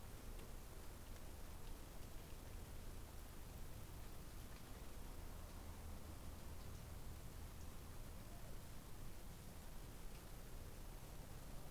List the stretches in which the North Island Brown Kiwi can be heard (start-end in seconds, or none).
none